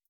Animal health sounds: hydrophone in a shrimp aquaculture tank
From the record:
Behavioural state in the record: feeding

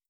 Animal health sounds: hydrophone in a shrimp aquaculture tank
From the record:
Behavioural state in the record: starved

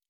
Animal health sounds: hydrophone in a shrimp aquaculture tank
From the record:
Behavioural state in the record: normal

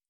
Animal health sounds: hydrophone in a shrimp aquaculture tank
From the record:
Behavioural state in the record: feeding

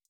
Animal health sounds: hydrophone in a shrimp aquaculture tank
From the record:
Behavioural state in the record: feeding

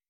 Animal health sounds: hydrophone in a shrimp aquaculture tank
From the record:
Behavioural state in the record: weakened

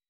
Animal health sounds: hydrophone in a shrimp aquaculture tank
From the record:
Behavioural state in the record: weakened

